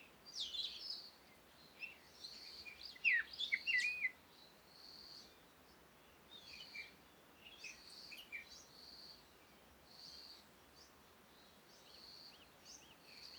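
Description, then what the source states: Birds chirping: quick sharp twittering notes clustered early on, over a steady series of high buzzy notes. Morning birds in calm conditions with wind, Komati, Africa.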